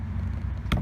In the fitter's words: that thing pops